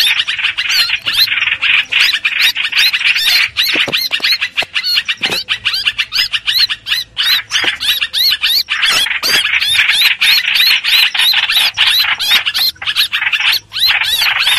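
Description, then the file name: Streak-eared bulbul distress calling: a nonstop stream of scratchy, squealing notes, irregular and crowded, with a few short pauses. Distress call given to summon the flock. "Tieng chim trao trao keu cuu goi bay"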